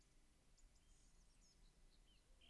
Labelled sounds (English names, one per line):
Song Thrush